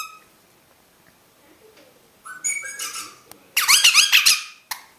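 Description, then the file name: Rosella with short whistled notes, then a loud, rapid burst of high, twittering chatter. "Canto da Rosela"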